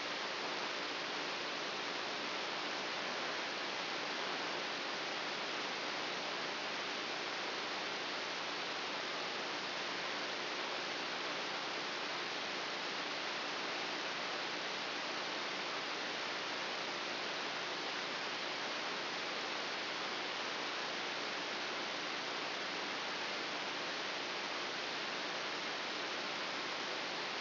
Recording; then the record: brain microelectrode recording played as sound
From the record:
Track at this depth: inside the subthalamic nucleus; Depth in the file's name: 2.603 mm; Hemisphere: right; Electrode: 3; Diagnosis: Parkinson's disease